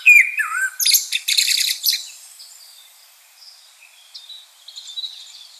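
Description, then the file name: Common blackbird song: a short low fluted phrase that dips, then a burst of high squeaky twittering; fainter high chirps follow. "Turdus merula"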